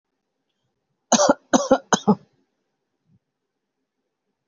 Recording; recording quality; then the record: shallow voluntary cough; excellent, no background noise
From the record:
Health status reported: healthy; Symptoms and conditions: hypertension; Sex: female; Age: 47 years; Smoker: not ticked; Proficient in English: yes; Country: India